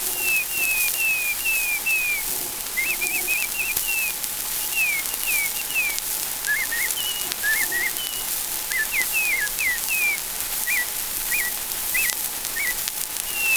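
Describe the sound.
Baltimore Oriole song: short clear whistled notes, some slurred downward and some with quick upturned twists, delivered in loose phrases throughout over a steady background hiss.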